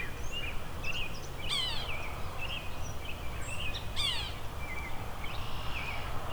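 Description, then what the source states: European starling calls, a jumble of squeaky whistles and short rasping bursts scattered irregularly over a steady low rumble. Some starlings making weird sounds.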